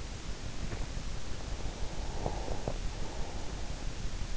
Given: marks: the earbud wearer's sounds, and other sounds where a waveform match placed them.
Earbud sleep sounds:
sounds in sleep by an in-ear microphone; breath
1.29-4.09 s: breath

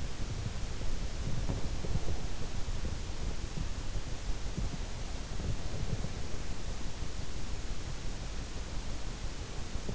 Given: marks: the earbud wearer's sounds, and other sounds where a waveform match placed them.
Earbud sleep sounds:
sounds in sleep by an in-ear microphone; body movement
0.00-3.70 s: body movement

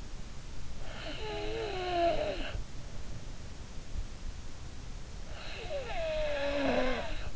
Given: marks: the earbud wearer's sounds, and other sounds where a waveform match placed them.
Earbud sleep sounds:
sounds in sleep by an in-ear microphone; snoring breath
0.78-2.68 s: snoring breath
5.44-7.36 s: snoring breath

